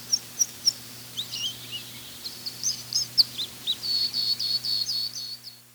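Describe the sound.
Red Crossbill in a busy series of high, clipped notes and twittering slurs, ending in a fast, even run of sharp chips, with a low hum beneath.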